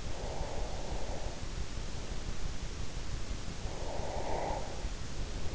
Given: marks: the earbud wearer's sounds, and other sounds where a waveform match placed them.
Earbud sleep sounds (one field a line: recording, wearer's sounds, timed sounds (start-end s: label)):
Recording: sounds in sleep by an in-ear microphone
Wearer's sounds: breath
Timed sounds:
0.00-1.80 s: breath
3.76-4.87 s: breath